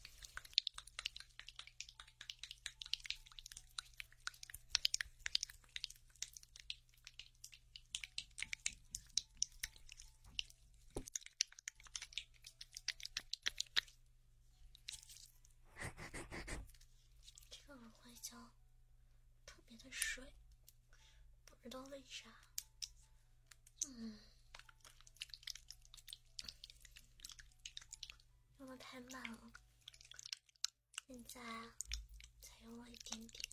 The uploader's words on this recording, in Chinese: 超爽の芦荟胶耳朵SPA。